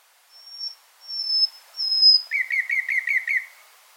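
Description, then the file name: Common nightingale song: three long pure whistled notes followed by a rapid rhythmic series of repeated lower notes. "Luscinia megarhynchos"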